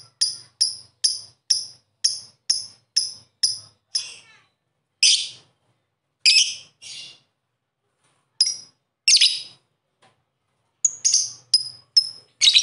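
Bird song of sharp high chirps, a fast even series of notes, then scattered harsher buzzy bursts and more quick chirps after pauses.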